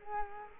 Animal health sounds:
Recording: mosquito wingbeat signal from an infrared sensor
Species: Culex quinquefasciatus

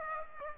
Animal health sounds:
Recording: mosquito wingbeat signal from an infrared sensor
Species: Aedes aegypti

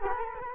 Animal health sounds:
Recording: mosquito wingbeat signal from an infrared sensor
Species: Culex quinquefasciatus

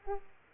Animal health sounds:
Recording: mosquito wingbeat signal from an infrared sensor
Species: Aedes aegypti

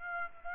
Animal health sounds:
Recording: mosquito wingbeat signal from an infrared sensor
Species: Aedes aegypti

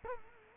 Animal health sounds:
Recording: mosquito wingbeat signal from an infrared sensor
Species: Culex quinquefasciatus

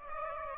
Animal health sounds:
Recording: mosquito wingbeat signal from an infrared sensor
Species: Aedes aegypti

